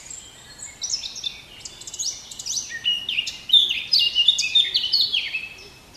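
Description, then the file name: Eurasian blackcap song, a fast run of varied, slurred high notes, many dropping in pitch, flowing into a loud, rich warble over faint background hiss. "Sylvia atricapilla"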